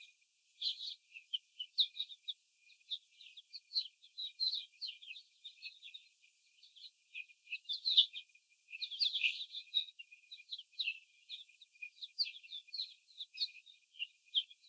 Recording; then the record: young laying hens in a cage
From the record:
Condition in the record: after the stressor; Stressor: simulated dog barking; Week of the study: 4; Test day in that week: 3